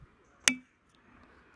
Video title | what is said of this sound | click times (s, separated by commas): How to Change Window Wiper Blades on a 2015 - 2023 Jeep Renegade | Once you hear it pop back in place, you're good. | 0.5 s